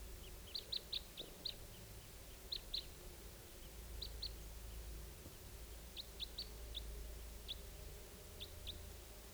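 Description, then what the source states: Red Crossbill flight calls, brief clipped kip notes scattered in loose clusters throughout, fairly faint over steady low rumble. Type 2; a couple flying around the area and passing right over the recordist, in the evening.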